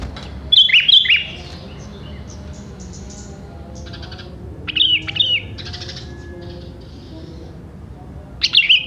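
Sooty-headed bulbul song, bubbly chirping phrases ending in short falling notes, three bursts spread across the recording, with faint scratchy sounds between.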